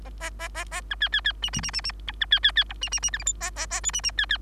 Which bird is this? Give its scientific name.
Lonchura striata domestica